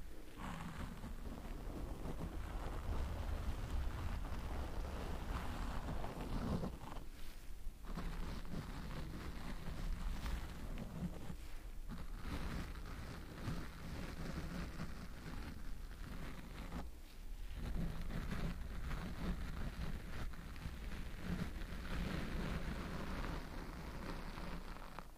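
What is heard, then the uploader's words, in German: Gloves rub and flex in a dense, steady rustling scrape, broken by short pauses around seven, twelve and seventeen seconds. ASMR Handschuh Sounds. 2 verschiedene Handschuhe.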